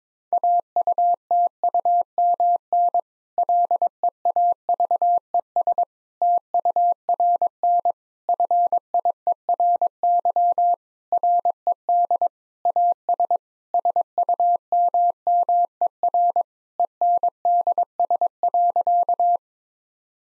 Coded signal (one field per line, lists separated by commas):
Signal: Morse code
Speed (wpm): 22 wpm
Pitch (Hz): 700 Hz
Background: none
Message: AUTUMN LEAVES TURN FIERY RED AS SUMMER ENDS.